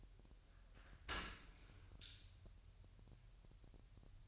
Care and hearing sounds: daily activity, microphone in the room; open dishwasher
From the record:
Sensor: 2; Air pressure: 1000.4 hPa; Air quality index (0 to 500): 246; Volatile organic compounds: 91 ppm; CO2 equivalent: 3694 ppm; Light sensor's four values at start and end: 9/21/9/9 and 9/21/9/9

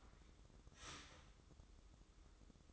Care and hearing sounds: daily activity, microphone in the room; start toaster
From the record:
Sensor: 3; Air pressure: 995.2 hPa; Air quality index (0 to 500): 75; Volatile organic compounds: 5 ppm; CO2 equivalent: 1745 ppm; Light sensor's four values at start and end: 18/55/23/20 and 18/55/23/20

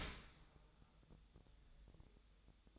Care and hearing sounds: daily activity, microphone in the room; open dishwasher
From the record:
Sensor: 3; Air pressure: 1004.6 hPa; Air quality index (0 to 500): 101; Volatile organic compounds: 4 ppm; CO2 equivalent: 1570 ppm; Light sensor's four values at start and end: 7/17/7/7 and 7/17/7/7

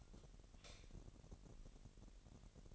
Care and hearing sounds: daily activity, microphone in the room; light off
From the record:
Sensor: 4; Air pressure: 1012.7 hPa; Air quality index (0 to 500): 246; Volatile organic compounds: 4 ppm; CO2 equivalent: 1677 ppm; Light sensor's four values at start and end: 16/42/16/17 and 14/32/13/13

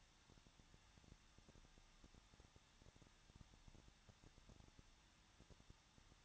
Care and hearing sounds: daily activity, microphone in the room; no activity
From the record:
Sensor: 3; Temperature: 21.2 degrees Celsius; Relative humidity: 36.3%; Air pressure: 1006.3 hPa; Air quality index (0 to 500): 222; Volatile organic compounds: 41 ppm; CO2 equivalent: 3166 ppm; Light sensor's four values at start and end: 2/3/2/2 and 2/3/2/2

